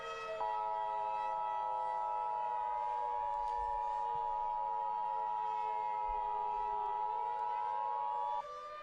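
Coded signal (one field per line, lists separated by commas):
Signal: Emergency Alert System (SAME) tones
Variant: 853 and 960 Hz attention tone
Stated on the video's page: EAS tones from an analog horror EAS scenario, fictional.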